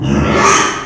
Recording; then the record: squeal of a Yucatan mini pig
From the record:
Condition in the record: after surgery on the right vocal fold (resection and tissue-engineered implant); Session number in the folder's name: 3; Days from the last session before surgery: 33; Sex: male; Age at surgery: 12 weeks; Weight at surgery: 13 kg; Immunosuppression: cyclosporine, prednisolone